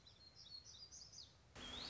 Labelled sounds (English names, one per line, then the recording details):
Black-throated Gray Warbler
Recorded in Sonoma County, California